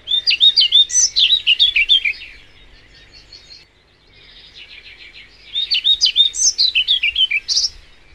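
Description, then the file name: European pied flycatcher delivering two lively phrases of high, rhythmic, alternating notes, with fainter, softer notes in the pause between them. "Trauerschnaepper"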